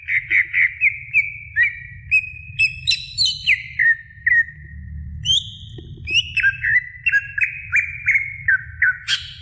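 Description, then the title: Oriental magpie-robin song of rich whistles, starting with quick repeated notes, then descending slurred phrases and a run of regularly spaced down-slurred whistles; steady low background hum. Long-duration chirping song of the Oriental magpie-robin. "Kicau Kacer Durasi Panjang 1jam Lebih"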